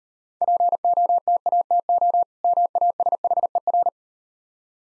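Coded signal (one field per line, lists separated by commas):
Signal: Morse code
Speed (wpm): 38 wpm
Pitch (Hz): 700 Hz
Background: none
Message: POTATO MASHER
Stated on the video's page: Morse code copying practice with easy words at 30 wpm, using contextual hints.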